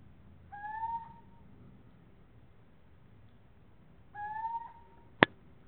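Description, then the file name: Little owl giving two upward-slurred, mellow hoots about three and a half seconds apart, followed by one sharp click. "canto verso civetta comune athene noctua little owl steinkauz mochuelo europeo cheveche"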